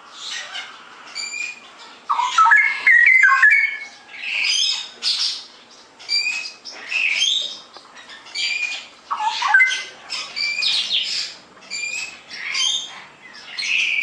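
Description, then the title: Straw-headed bulbul song: loud, rich bubbling whistled phrases, rolling up and down in quick bursts separated by short pauses, with no other clear sounds. Masteran song-tutoring recording for caged songbirds, clear quality; song described as gacor (singing actively) and ropel (rapid rolling delivery). "mster Mnuk. Masteran Burung CUCAK ROWO Kualitas Jernih. Cucak Rowo Ropel Gacor"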